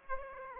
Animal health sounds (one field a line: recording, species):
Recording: mosquito wingbeat signal from an infrared sensor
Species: Aedes aegypti